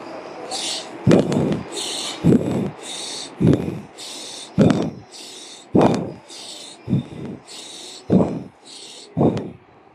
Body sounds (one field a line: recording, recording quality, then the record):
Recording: shallow breathing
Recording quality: excellent, no background noise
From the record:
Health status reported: healthy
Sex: male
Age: 41 years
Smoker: yes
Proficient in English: yes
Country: India